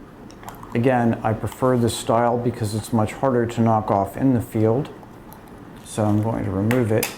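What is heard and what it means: Someone opens the cover on a 90mm medium format prime lens for a Pentax 645D, giving short plastic clicks at 0.3, 0.4 and 0.5 seconds as the cover comes off. Someone then talks.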